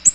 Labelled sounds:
Ovenbird (Seiurus aurocapilla) flight call

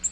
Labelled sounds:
Yellow-rumped Warbler (Setophaga coronata) flight call

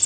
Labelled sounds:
Pine Warbler (Setophaga pinus) flight call

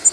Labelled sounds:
Black-throated Green Warbler (Setophaga virens) flight call

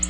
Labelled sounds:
Black-throated Blue Warbler (Setophaga caerulescens) flight call

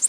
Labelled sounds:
Orange-crowned Warbler (Leiothlypis celata) flight call

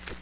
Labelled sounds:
Magnolia Warbler (Setophaga magnolia) flight call

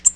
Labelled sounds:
Tennessee Warbler (Leiothlypis peregrina) flight call

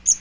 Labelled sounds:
Magnolia Warbler (Setophaga magnolia) flight call

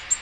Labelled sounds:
Black-throated Green Warbler (Setophaga virens) flight call

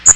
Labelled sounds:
Magnolia Warbler (Setophaga magnolia) flight call

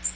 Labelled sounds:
Magnolia Warbler (Setophaga magnolia) flight call

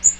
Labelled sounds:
Magnolia Warbler (Setophaga magnolia) flight call

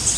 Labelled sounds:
Cerulean Warbler (Setophaga cerulea) flight call

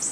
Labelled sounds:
Golden-winged Warbler (Vermivora chrysoptera) flight call

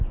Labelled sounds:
Red-faced Warbler (Cardellina rubrifrons) flight call

